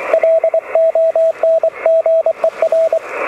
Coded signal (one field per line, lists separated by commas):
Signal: Morse code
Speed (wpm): 23 wpm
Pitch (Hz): 650 Hz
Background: radio noise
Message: LONGER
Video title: This far: Pedestrian mobile CW DX